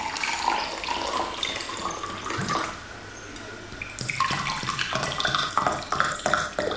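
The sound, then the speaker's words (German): Water splashes and trickles steadily for several seconds, easing briefly in the middle, then picks up again with a few sharp clinks, as a large still water is poured into two glasses. “Ein großes Wasser, still zwei Gläser.”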